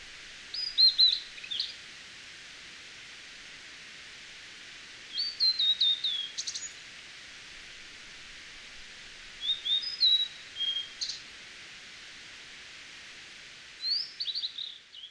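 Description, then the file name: Blue-and-white flycatcher singing, four separate phrases of bright whistles spaced a few seconds apart against a faint background hiss. Recorded in Tanzawa, Japan, on 26 May 2006. "ooruri 060526 tanzawa"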